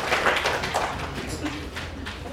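A short burst of applause from a class in an Esperanto course at UNAM in 2013, a few pairs of hands clapping in a quick, uneven patter at moderate loudness for about two seconds.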